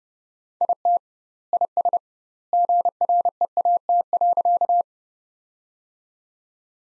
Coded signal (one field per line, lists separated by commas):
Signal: Morse code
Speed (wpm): 30 wpm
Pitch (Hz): 700 Hz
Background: none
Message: IT IS GREAT.